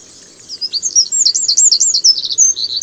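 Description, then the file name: Eurasian wren singing a high, fast, tumbling string of bright trilled notes that begins after a short pause and runs without break to the end. "Troglodytes troglodytes"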